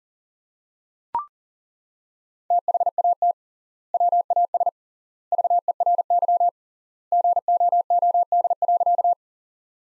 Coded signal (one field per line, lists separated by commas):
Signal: Morse code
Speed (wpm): 40 wpm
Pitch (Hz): 700 Hz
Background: none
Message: THAT WAS VERY GOOD.